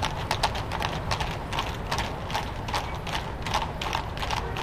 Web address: horse